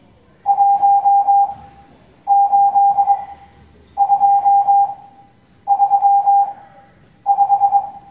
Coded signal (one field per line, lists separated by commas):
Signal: Morse code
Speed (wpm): 21 wpm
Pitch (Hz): 800 Hz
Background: none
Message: 18235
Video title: Morse Code Class 06